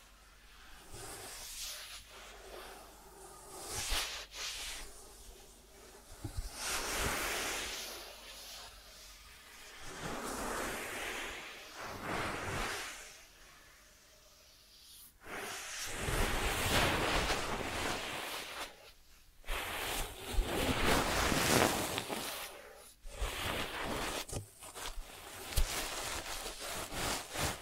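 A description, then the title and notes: ASMR ear treatment sounds: soft, breathy swishing and rustling that swells and fades in uneven waves, like brushing across a microphone. Short silent breaks fall around 4, 15, 19 and 23 seconds, and the scratchier, louder passages cluster between 15 and 23 seconds. ASMR 3D Brain Penetrating Ear Treatment.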